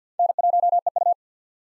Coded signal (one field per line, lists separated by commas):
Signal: Morse code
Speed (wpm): 50 wpm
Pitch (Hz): 700 Hz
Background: none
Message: N1EU